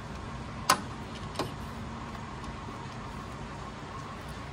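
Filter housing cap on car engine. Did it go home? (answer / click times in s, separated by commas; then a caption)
yes / 0.7 s. A mechanic tightens the filter housing cap on a Maruti Swift VDI diesel car with a spanner, stopping at the click so the thread does not break. A sharp click comes at 0.7 s, then a fainter knock at 1.4 s, over a steady low background hum. The cap is tightened to its click.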